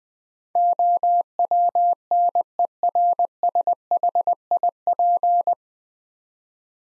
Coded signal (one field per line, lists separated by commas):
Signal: Morse code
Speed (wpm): 20 wpm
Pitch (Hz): 700 Hz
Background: none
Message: OWNERSHIP